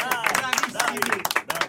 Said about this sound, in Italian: Applauso, fatevi un applauso.